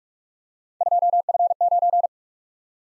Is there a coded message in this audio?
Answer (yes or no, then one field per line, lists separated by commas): yes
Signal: Morse code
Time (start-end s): 0.8-2.1 s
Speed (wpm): 44 wpm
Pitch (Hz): 700 Hz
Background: none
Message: 2F9